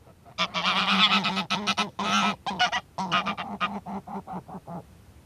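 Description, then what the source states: Greylag Goose honking: a flock gives loud, nasal, overlapping honks in quick succession, the series gradually thinning toward the end. Noisy return in April; seen flying over the archipelago and also wandering inland fields seeking new territory.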